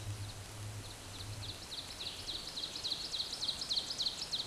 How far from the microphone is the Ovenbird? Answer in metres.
about 40 m